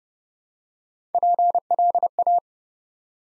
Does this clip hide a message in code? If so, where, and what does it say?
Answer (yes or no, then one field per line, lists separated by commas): yes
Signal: Morse code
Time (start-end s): 1.1-2.4 s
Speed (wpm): 30 wpm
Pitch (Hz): 700 Hz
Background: none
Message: PLA